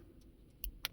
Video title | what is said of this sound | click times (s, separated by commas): How to update the firmware on VIOFO dashcam #firmware #viofo #dashcam #formation | There it is, there's the click. | 0.6 s, 0.9 s